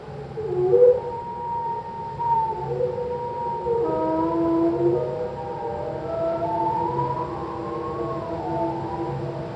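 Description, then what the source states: Whale song, slowed: a sequence of sliding moans and wavering tones, some dipping then rising, layered with harmonics over a pulsing low hum. A single whale, played slowed down.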